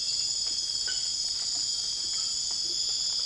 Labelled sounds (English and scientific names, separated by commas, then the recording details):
none
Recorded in secondary vegetation near Puerto Asís, Putumayo, Colombia, on 12 March 2025 at 01:30
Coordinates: 0.488, -76.319
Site G095